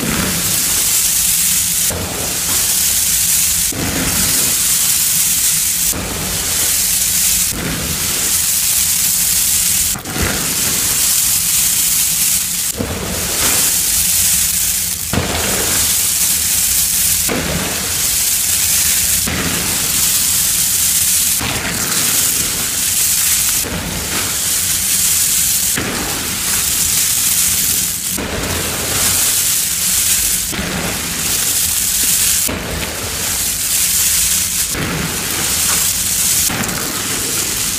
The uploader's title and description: Zote Flakes Dump, ASMR Gym Chalk Reforms + Dusty Powder. Pouring Zote flakes, crushing dusty Zote gym chalk reforms, super dusty powder play.